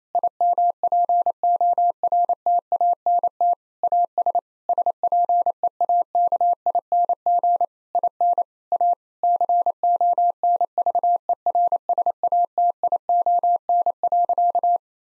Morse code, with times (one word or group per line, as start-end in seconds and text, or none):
0.1-3.5 IMPORTANT
3.8-4.4 AS
4.7-7.7 SPEAKING
8.0-8.4 IN
8.7-8.9 A
9.2-14.8 CONVERSATION.